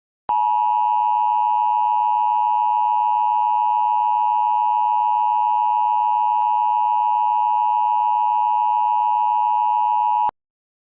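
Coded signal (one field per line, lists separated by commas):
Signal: Emergency Alert System (SAME) tones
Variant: 853 and 960 Hz attention tone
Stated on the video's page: Fake EAS alert made as a prank.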